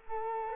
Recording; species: mosquito wingbeat signal from an infrared sensor; Culex quinquefasciatus